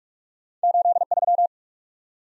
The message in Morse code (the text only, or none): 83